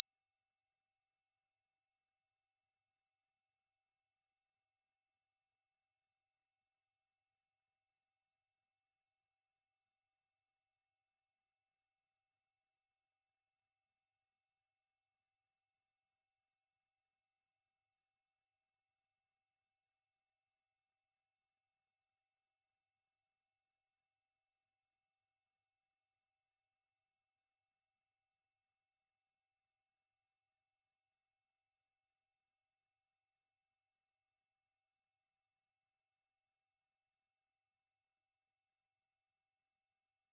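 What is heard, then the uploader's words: A pure sine tone at 5609 Hz holds perfectly steady for the full forty seconds, a thin, piercing high whistle. Its pitch and loudness never waver, and nothing else sounds beneath it. 5609 Hz 1 Hz Interval Sine Pure Tone Frequency 441000 Sample Mono.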